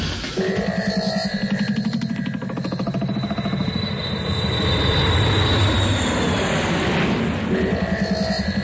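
An airplane in flight gives off a loud, steady engine drone with a deep rumble and a thin, sustained high whine layered on top, continuous throughout with no voices.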